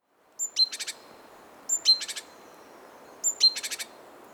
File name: Parus major